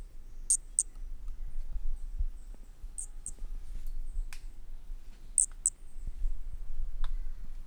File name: MHNCI Brachy sp ind 6 ex 1 4 notas perdidas 10-50 cm Corcovado 18 dez 2017 MRB